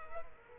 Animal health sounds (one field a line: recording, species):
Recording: mosquito wingbeat signal from an infrared sensor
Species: Culex quinquefasciatus